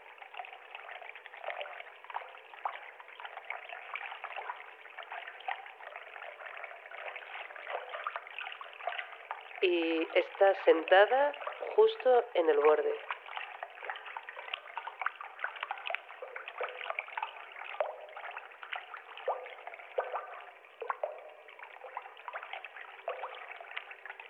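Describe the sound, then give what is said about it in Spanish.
Feet playfully splash and paddle in river water, a steady run of small splashes and trickling over flowing water, with a short stretch of someone talking partway through. “De hecho, ese sonido lo estás haciendo tú, jugando con los pies en el agua.”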